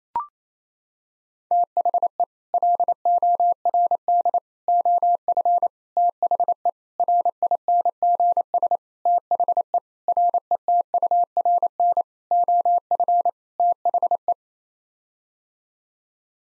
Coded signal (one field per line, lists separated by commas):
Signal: Morse code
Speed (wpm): 27 wpm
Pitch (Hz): 700 Hz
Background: none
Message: THE LORD OF THE RINGS THE RETURN OF THE